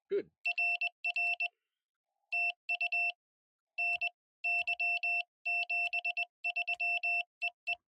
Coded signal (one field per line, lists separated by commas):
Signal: Morse code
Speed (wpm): 21 wpm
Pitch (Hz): 2700 Hz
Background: none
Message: RR TU NY 73 EE